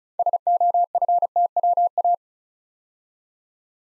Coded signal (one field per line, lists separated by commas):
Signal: Morse code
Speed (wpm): 36 wpm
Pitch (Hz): 700 Hz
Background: none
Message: SOFTWA